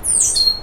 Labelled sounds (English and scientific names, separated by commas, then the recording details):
Stitchbird (Notiomystis cincta) song
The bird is a male
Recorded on Tiritiri Matangi Island, New Zealand, in 2005
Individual 12, of nest box 16